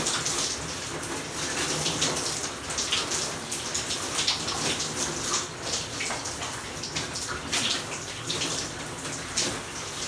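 Shower water pours steadily, a dense hiss with constant splashing and brief brighter spatters throughout, beneath a faint low hum.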